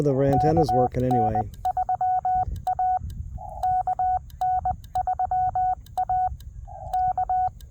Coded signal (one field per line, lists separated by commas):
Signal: Morse code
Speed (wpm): 20 wpm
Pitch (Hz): 740 Hz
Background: speech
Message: KN3A KN3A K